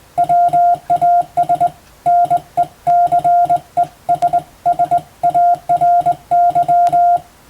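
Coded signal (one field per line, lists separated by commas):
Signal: Morse code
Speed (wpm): 21 wpm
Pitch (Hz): 700 Hz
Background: none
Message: WAS NECESSARY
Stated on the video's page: Morse practice sent for training toward the Japanese radiotelegraph operator exam's telegraphy test, using Western-language telegram practice texts; also suited to amateur receiving practice.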